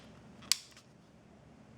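The hinged plastic door of an Orico hot-swap hard drive tray is pushed closed over the inserted drive. A soft contact at 0.4 s is followed by a single sharp click at 0.5 s, then only low background noise. The door snaps shut into the tray housing, and it takes a firm push to seat.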